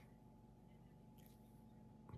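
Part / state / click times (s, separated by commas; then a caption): flashlight component into the flashlight body / not seated / none. A metal flashlight component is being lined up with the metal flashlight body and is judged not quite aligned yet. Quiet handling noise runs under a steady hum, with brief faint ticks near 1.3 s and 2.1 s. Nothing has seated or clicked into place yet.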